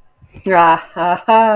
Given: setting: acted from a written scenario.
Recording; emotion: vocal sound without words; triumph